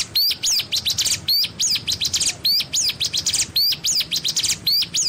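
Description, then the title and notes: Spiderhunter song: bright, high, arched whistled notes with sharp chips, given in quick clusters about once a second. Bird singing actively (gacor) with a clear, long song; cage-bird training song (masteran). "Pijantung Gunung Gacor Jernih Panjang. Masteran burung"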